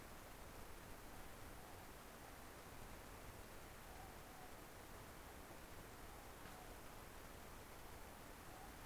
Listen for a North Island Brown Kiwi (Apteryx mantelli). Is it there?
no